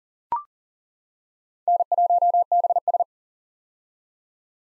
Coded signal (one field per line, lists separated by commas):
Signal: Morse code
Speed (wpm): 40 wpm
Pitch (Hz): 700 Hz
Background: none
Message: N1BS